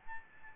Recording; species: mosquito wingbeat signal from an infrared sensor; Aedes albopictus